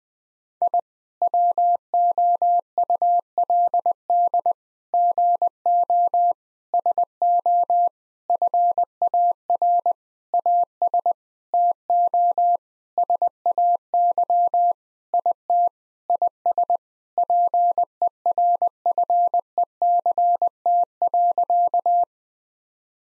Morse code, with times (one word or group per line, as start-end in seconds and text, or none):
0.6-0.8 I
1.2-4.5 WOULD
4.9-6.3 GO
6.7-7.9 SO
8.3-9.9 FAR
10.3-11.1 AS
11.5-12.6 TO
13.0-14.7 SAY
15.1-15.7 IT
16.1-16.8 IS
17.2-22.0 PERFECT.